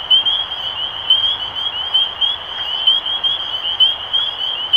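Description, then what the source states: Spring peeper chorus with loud, clear upslurred peeps about once a second over a continuous backdrop of many more peeping frogs. Recorded 23 March 2012.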